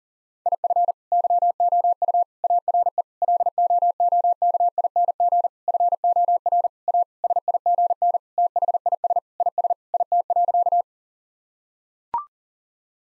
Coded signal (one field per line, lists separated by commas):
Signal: Morse code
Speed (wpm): 40 wpm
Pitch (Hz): 700 Hz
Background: none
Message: IF YOU ARE LOOKING FOR A SIGN THIS IS IT.